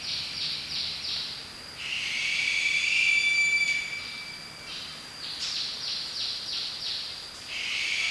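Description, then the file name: Lesser sooty owl giving a long, steady high whistle of about two seconds, holding level, between series of rapid repeated downward-sweeping notes before and after. "Lesser Sooty Owl Tyto multipunctata"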